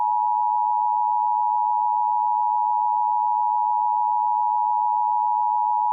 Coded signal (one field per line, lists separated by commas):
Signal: Emergency Alert System (SAME) tones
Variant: 853 and 960 Hz attention tone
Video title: *VALID TONES* Hurricane Ida EAS Compilation (EAS Remakes)